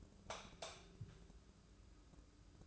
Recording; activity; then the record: daily activity, microphone in the room; light off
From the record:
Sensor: 2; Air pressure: 995.2 hPa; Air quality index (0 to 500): 69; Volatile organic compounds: 2 ppm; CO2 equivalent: 1187 ppm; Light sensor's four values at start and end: 12/35/14/14 and 8/18/7/8